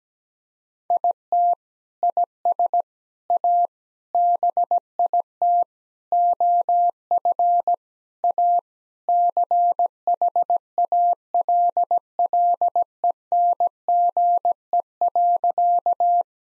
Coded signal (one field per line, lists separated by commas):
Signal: Morse code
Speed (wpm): 17 wpm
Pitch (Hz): 700 Hz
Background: none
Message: IT IS A BIT OF A CHALLENGE.